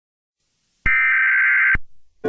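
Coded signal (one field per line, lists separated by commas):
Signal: Emergency Alert System (SAME) tones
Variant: header bursts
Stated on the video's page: Fictional EAS scenario, not a real alert.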